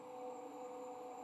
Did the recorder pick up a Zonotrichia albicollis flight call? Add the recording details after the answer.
no. No flight call is heard. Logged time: 01:35 on 15 November 2014